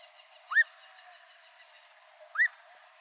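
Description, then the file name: Black-crowned monjita giving two brief upswept whistles roughly two seconds apart, clean and clear against light background hiss. "Canto da noivinha coroada"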